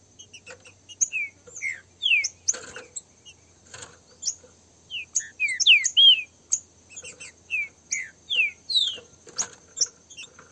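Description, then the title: Green-winged Saltator song: loud slurred whistles sliding downward, given in quick irregular runs, broken by brief rustling or flapping noise bursts over a steady high background tone. Free-flying mated pair engaged in a song dispute; song type 'voz 10'. "Canto De Trinca Ferro. LINDA DISPUTA com casal de trinca ferro solto"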